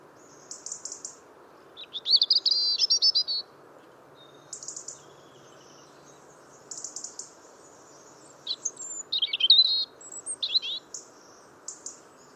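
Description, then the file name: European robin song with several brief phrases of high twittering trills and piercing whistles separated by silent gaps, over a soft constant low background noise. "Erithacus rubecula"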